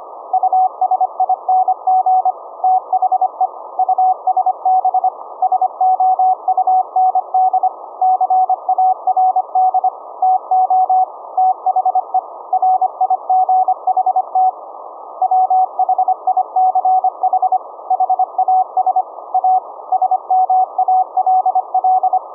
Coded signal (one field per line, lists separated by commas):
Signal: Morse code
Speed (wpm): 25 wpm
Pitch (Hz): 750 Hz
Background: none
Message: USING THE USB SOUND CARD TO THE RIGHT WHICH HAS A SMALL